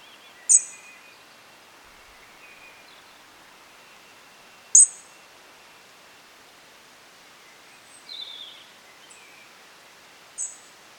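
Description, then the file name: European robin calls: sharp, very high ticks spaced several seconds apart over faint hiss, with a brief descending note between them. "Erithacus rubecula"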